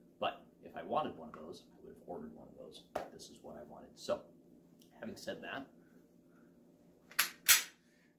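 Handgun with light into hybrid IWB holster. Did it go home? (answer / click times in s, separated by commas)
yes / 7.2 s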